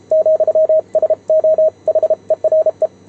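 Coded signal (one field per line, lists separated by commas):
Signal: Morse code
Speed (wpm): 32 wpm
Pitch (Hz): 630 Hz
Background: radio noise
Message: ,SO HERE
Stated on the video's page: Morse keyed on a homemade 3D-printed single-lever paddle during a contact with Japan on 28 MHz.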